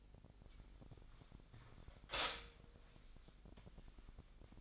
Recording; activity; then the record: daily activity, microphone in the room; stop toaster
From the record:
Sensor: 5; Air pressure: 1002.1 hPa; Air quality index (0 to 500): 206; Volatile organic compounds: 19 ppm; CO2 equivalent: 2667 ppm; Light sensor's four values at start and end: 33/108/41/43 and 33/108/41/44